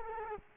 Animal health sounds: mosquito wingbeat signal from an infrared sensor; Culex quinquefasciatus

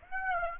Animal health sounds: mosquito wingbeat signal from an infrared sensor; Aedes aegypti

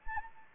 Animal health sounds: mosquito wingbeat signal from an infrared sensor; Anopheles arabiensis

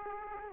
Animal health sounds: mosquito wingbeat signal from an infrared sensor; Aedes aegypti

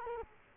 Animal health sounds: mosquito wingbeat signal from an infrared sensor; Culex quinquefasciatus

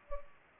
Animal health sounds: mosquito wingbeat signal from an infrared sensor; Culex pipiens

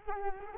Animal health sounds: mosquito wingbeat signal from an infrared sensor; Culex quinquefasciatus

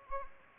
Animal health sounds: mosquito wingbeat signal from an infrared sensor; Anopheles arabiensis

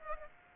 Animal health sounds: mosquito wingbeat signal from an infrared sensor; Aedes aegypti

